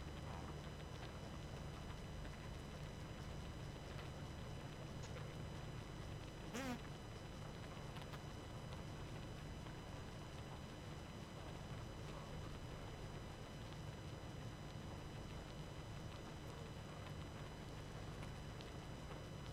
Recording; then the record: honeybee colony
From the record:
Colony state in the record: active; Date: 12 June 2018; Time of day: 23:45